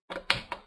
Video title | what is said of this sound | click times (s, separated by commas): Compaq Presario CQ57 Laptop Screen Replacement Procedure | okay you hear a snapping sound that means it's snapped off | 0.3 s